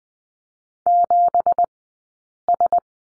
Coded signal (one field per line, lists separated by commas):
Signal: Morse code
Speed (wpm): 20 wpm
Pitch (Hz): 700 Hz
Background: none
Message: 7S